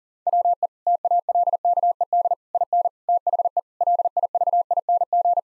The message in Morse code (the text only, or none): WE TALKED IN THE LIVING